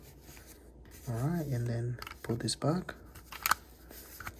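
A plastic cover piece is handled as it is put back onto an Audi car key remote after a battery change, while someone talks. Faint, short plastic taps and handling noises come near 3.5 s and 4.2 s. The cover has not yet snapped home, and nothing has seated or clicked yet.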